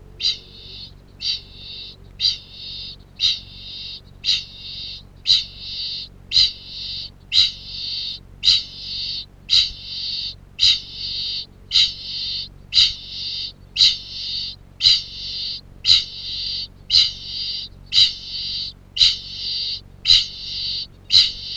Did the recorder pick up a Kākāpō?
yes